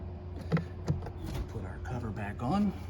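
The second plastic clip of the cabin air filter housing lid on a 2012 Dodge Challenger (2008–2022 model range) is pressed shut onto the filter housing. A short snap is heard at 0.6 s as the clip seats home, with other brief knocks around it while someone talks.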